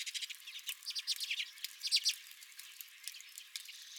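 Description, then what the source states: Redpolls twittering, clusters of quick buzzy notes and short rattles, easing into softer chatter toward the close. At the recordist's own feeder.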